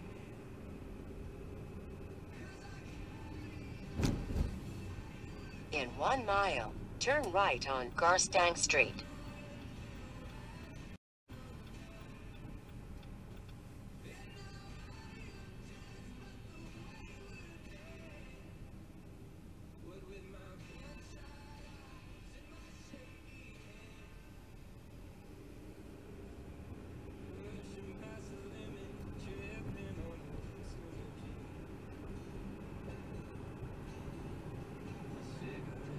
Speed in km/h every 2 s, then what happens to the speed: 31, 34, 34, 31, 24, 21, 21, 19, 19, 16, 11, 11, 16, 26, 32, 37, 44, 48.
0-5 steady at about 34. 5-10 slows to 21. 10-16 steady at about 19. 16-22 slows to 11. 22-36 speeds up to 48.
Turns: none.